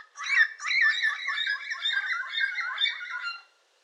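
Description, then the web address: Yellow-crowned amazon giving a continuous harsh, raspy screech with rough harmonics, running about three seconds before stopping abruptly. "sound yellow-crowned-amazon. صدای-پرنده-آمازون-تاجزرد"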